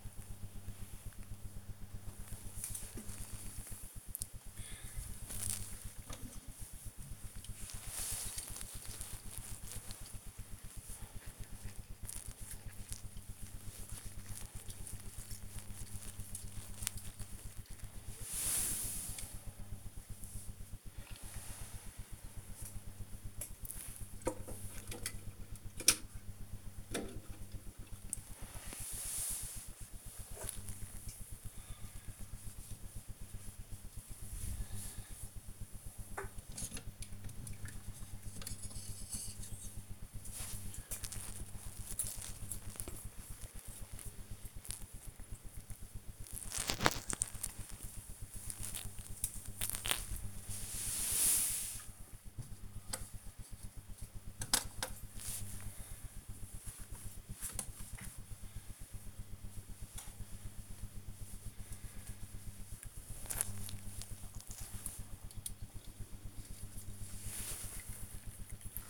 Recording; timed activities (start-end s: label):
household activities, microphone on the right wrist
1.05-68.89 s: dusting model cars